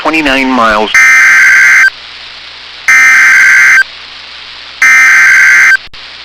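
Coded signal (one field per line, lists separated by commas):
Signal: Emergency Alert System (SAME) tones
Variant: header bursts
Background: speech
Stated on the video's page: Four severe thunderstorm warning SAME alerts about ten minutes apart on NOAA Weather Radio WXM99.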